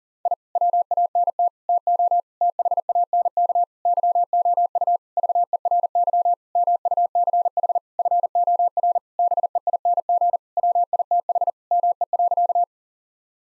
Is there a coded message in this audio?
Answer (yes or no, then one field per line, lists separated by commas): yes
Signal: Morse code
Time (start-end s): 0.3-12.6 s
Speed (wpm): 37 wpm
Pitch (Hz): 700 Hz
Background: none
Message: I WANT TO THANK YOU VERY MUCH FOR BEING WITH ME.